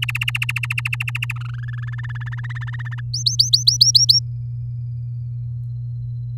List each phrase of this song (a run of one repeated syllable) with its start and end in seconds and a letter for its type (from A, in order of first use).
0.02-1.32 A, 1.36-2.01 B, 2.03-3.00 C, 3.13-4.19 D